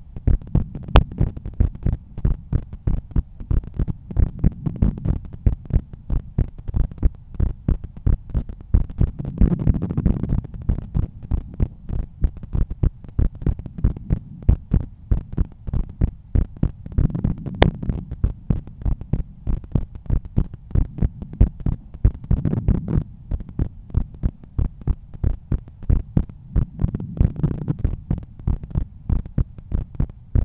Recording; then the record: heart sounds by stethoscope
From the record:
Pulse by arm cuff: 98 bpm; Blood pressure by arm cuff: 121/81 mmHg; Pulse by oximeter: 96 bpm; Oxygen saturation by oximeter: 98%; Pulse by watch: 97 bpm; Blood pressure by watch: 119/80 mmHg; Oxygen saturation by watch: 96%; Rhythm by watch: sinus rhythm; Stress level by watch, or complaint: high stress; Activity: office activities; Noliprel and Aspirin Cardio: after pills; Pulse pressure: 40 mmHg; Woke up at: 6:50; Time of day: 18:00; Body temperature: 36.5 C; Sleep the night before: 8 h 16 min, score 66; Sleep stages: REM 20%, light 64%, deep 6%, awake 10%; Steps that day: 6850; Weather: cloudy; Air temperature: 18.7 C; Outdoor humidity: 89%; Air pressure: 1008 hPa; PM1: 0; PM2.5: 1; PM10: 2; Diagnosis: hypertension, treated with Noliprel and Aspirin Cardio 100 mg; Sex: male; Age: 53 years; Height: 174 cm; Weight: 81 kg